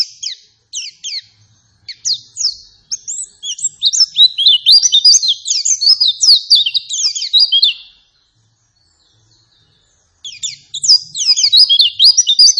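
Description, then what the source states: White-eye song: a long, loud stream of rapid high chirps and warbles for about eight seconds, a pause, then the chattering resumes just as intensely. Vigorous, persistent lure song meant to make other white-eyes respond and answer at once; a singing white-eye is described as gacor.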